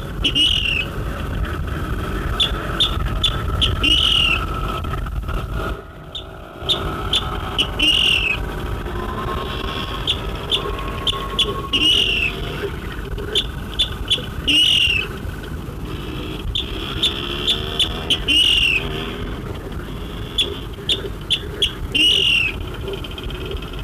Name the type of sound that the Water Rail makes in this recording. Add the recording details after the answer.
call. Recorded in the wild. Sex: female. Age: adult. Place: Halle, Sachsen-Anhalt, DE. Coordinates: 51.4667, 12.0167. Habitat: lake. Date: 1965-05-01. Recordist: Stiefel, Arnd